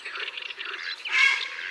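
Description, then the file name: Grey heron with one rough, grating call in the second half, over a continuous backdrop of twittering songbirds. "Heron cendre"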